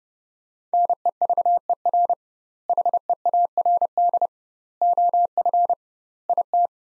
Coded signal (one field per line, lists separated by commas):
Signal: Morse code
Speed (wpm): 30 wpm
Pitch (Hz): 700 Hz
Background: none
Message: NEVER HEARD OF IT